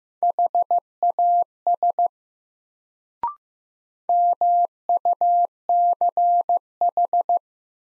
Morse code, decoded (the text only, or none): HAS MUCH